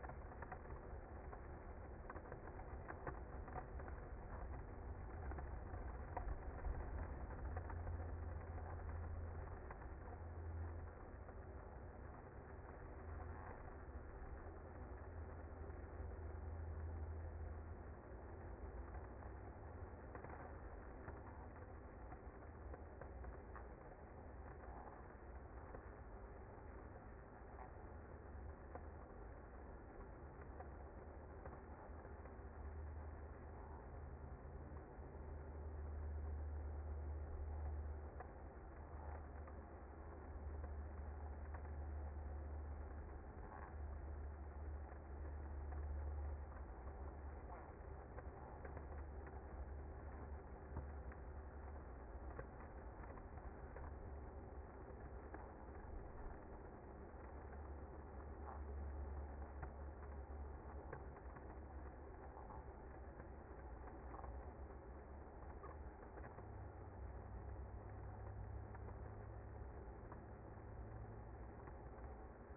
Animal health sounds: honeybee colony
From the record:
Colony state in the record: active

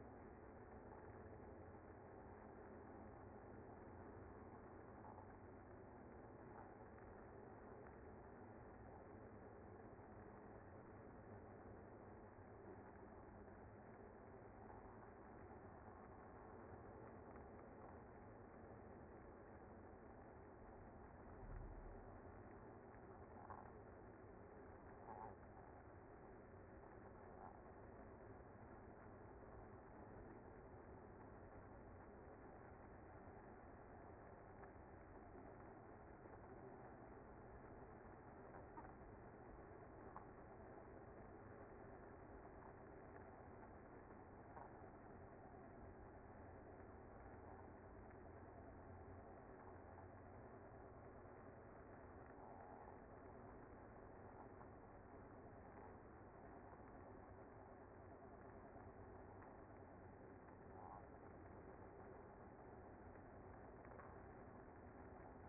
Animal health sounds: honeybee colony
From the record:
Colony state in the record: active

